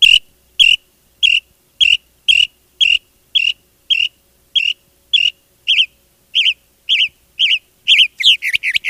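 Mockingbird song: a short chirped note repeated about twice a second many times, then switching to quicker, varied notes at the end.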